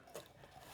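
The tabs of a plastic body clip on a 1/24 scale RC truck are pushed inward, giving a small sharp click at 0.2 s that releases the body from the chassis, followed by faint rubbing and scraping as the body slides off. No one talks.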